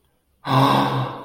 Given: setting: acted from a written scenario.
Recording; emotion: vocal sound without words; awe